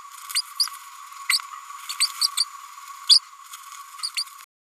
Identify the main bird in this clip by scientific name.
Forpus passerinus